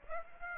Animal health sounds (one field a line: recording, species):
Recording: mosquito wingbeat signal from an infrared sensor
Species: Aedes aegypti